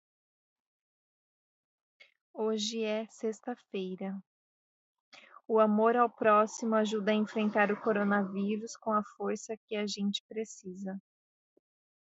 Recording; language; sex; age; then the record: spoken sentence; Brazilian Portuguese; female; 40 to 49 years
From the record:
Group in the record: control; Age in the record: 40 years